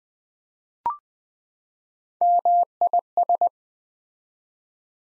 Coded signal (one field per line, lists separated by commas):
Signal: Morse code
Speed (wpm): 20 wpm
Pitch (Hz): 700 Hz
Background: none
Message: MIS